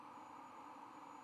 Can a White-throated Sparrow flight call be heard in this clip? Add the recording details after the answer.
no. No flight call is heard. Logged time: 22:46 on 23 November 2014